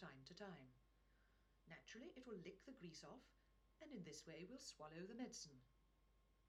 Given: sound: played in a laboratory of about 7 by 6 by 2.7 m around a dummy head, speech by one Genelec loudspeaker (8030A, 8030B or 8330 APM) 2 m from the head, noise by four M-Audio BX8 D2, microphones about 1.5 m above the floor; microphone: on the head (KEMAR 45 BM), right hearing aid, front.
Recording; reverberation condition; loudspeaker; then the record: female speech in English; low; 60 degrees to the right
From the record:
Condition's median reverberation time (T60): about 310 ms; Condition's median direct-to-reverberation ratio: about 3.5 dB